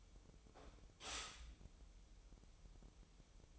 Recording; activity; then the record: daily activity, microphone in the room; stop toaster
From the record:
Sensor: 1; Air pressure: 988.6 hPa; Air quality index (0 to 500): 196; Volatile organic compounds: 922 ppm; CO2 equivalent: 5224 ppm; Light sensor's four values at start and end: 25/94/35/37 and 25/94/35/37